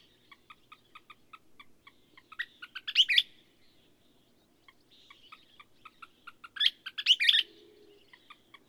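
Bird song: rows of short ticking notes, each run building into a loud, tangled cluster of chirps, heard twice with a quieter pause between them.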